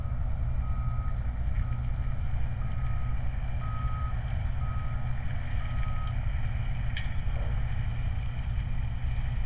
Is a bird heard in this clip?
no